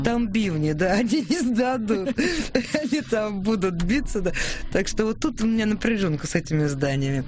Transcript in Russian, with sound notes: Там бивни, да? А здесь не сдадут.: (Сквозь смех) Они там будут биться, так что, вот тут у меня напряжёнка с этими зданиями.